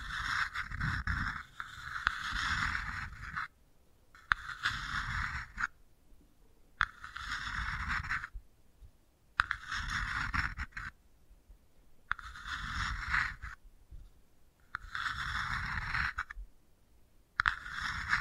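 Wooden balls roll and scrape in repeated bursts of about two seconds, a low rumble under bright rattling, separated by short silent pauses.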